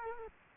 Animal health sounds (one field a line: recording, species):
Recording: mosquito wingbeat signal from an infrared sensor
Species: Culex quinquefasciatus